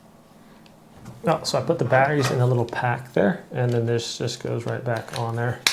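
Someone talks while handling the plastic battery cover of a BOFON safe's keypad unit after loading batteries into the little pack, getting ready to push the cover back on. The cover has not snapped into place yet; nothing has seated or clicked by the end of the clip.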